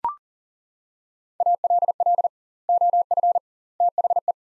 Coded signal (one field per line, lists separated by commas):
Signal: Morse code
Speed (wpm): 40 wpm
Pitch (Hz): 700 Hz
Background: none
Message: ALL OF THE